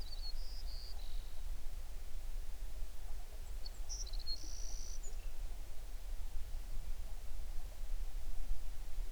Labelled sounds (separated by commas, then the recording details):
songbird
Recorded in the Prudhoe Bay oil fields, Alaska, on 11 June 2019 at 05:32
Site 21